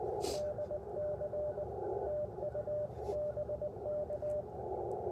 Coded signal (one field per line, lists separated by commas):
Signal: Morse code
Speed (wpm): 19 wpm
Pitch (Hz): 600 Hz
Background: radio noise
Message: DC TU BK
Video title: Morning Morse Code - 11/3/23 @ Tuskegee Airmen National Historic Site (K-0868)